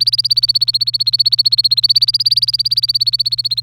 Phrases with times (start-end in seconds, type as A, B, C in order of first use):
0.00-3.62 A